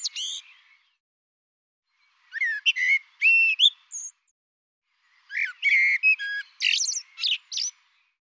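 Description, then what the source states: Bird singing three separate bursts of rapid, varied whistles and chirps, each phrase mixing rising slurs with clicky notes, separated by short silences. Labelled 'Tu Me Tu Me'; 2025 dataset.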